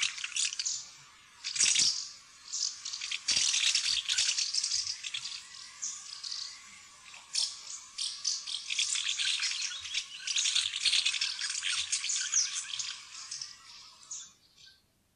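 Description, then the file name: House martin twittering: long, dense, scratchy rattling chatter with rapid repeated notes and a few sharp clicks, easing off and fading near the end. "taksvale"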